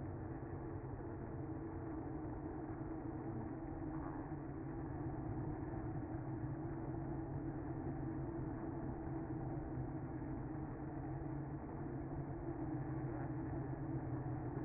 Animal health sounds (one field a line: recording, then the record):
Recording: honeybee colony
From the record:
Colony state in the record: active